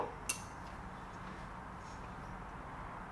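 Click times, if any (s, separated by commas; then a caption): 0.3 s. A Big Block Chevy distributor with a metal housing is clocked back a little so its drive gear meshes with the camshaft gear, and it drops into the engine block. A single sharp metallic click at 0.3 s marks it seating in place, followed by quiet, steady background noise.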